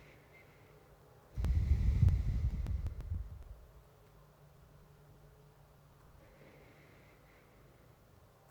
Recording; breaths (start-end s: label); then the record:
nose breathing near a microphone
0.00-1.09 s: inhalation
1.09-3.71 s: exhalation
5.87-8.38 s: inhalation
From the record:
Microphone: phone